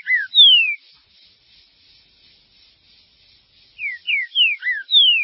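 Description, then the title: Green-winged saltator gives loud, clear, falling whistles at the start, pauses in silence, then resumes with a quick run of similar notes. "Trinca Ferro"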